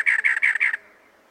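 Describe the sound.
Cactus wren song fragment: four loud, rasping notes in quick succession, then quiet.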